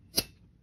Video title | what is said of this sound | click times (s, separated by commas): Platinum Meteor: Fun & Excellent Beginner Fountain Pen | and you hear that satisfying snap there | 0.2 s